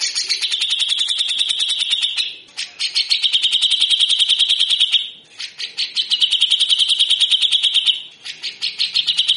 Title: MASTERAN CUCAK JENGGOT GACOR FULL BESETAN KASAR DURASI PANJANG